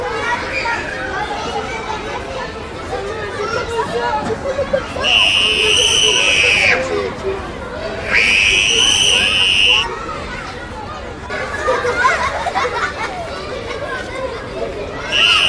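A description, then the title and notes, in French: A school playground at recess: a dense, steady babble of many voices chattering at once. Piercing, sustained high shrieks cut through twice, from about 5 to 7 seconds and from 8 to 10 seconds, and another begins right at the end. Cour de récréation.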